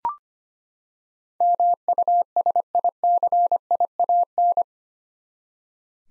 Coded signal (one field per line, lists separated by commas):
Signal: Morse code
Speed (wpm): 25 wpm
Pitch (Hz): 700 Hz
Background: none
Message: MUSICIAN